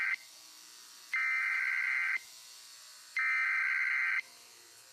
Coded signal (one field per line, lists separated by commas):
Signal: Emergency Alert System (SAME) tones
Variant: header bursts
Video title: Canadá eas alarm 1990 🇨🇦